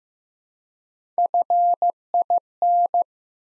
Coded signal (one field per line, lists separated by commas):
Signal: Morse code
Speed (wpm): 15 wpm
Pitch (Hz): 700 Hz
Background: none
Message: FIN